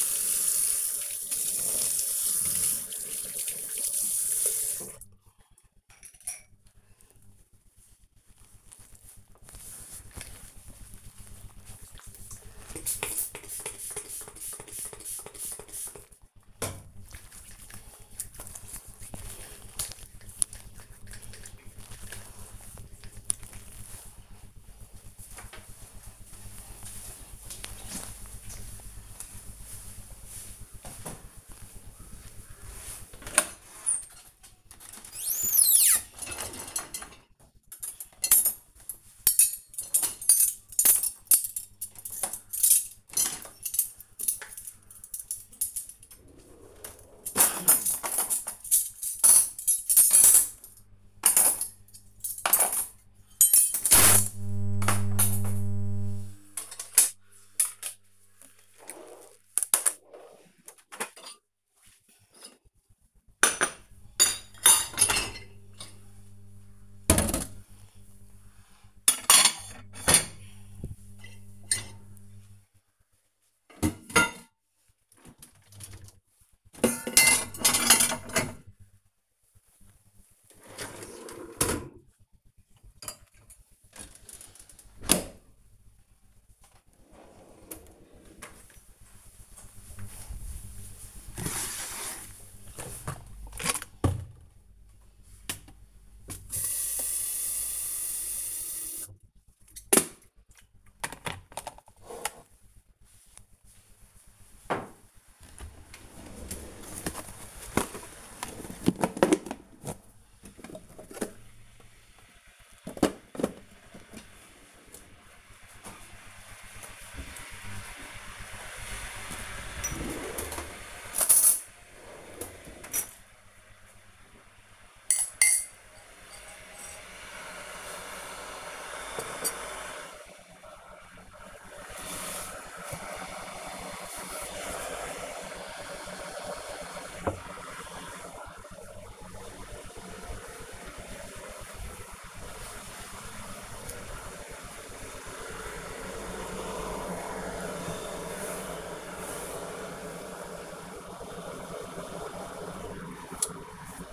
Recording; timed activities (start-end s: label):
household activities, microphone on the right wrist
0.00-4.66 s: brushing teeth
11.70-22.76 s: disinfecting hands
34.82-85.06 s: cleaning out the dishwasher
94.13-154.13 s: making tea